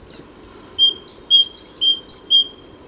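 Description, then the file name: Great tit singing a clear two-note phrase, high then lower whistle, repeated four times in quick succession against faint background hiss. "Parus major"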